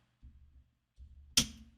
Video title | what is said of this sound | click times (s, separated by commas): Computer Overview and RAM Upgrade | all right slap snap into place | 1.4 s